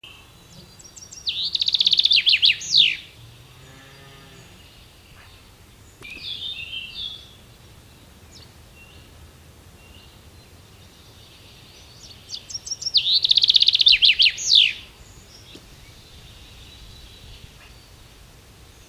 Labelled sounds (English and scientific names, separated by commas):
Common Chaffinch (Fringilla coelebs) song